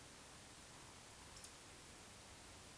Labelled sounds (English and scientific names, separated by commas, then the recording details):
Eurasian Woodcock (Scolopax rusticola) whistle, Eurasian Woodcock (Scolopax rusticola) croak
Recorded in Baden-Württemberg, Germany, on 19 June 2020 at 20:04 UTC
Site 49006, 684 m above sea level